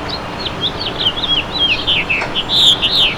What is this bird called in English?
House Finch